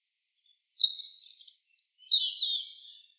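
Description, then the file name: European robin song, a single high, tinkling phrase of fast varied warbles and trills lasting about two and a half seconds, with clean silence around it. "Erithacus rubecula"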